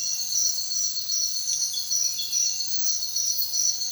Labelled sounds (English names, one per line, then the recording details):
none
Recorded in secondary vegetation near Puerto Asís, Putumayo, Colombia, on 29 June 2025 at 04:30
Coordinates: 0.499, -76.323
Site G077